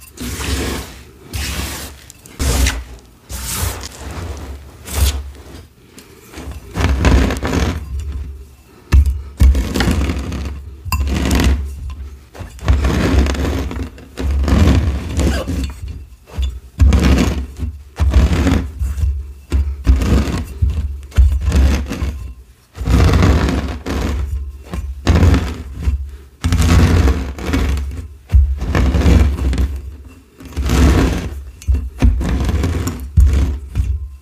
Chopping, Glassy Crushing with Kids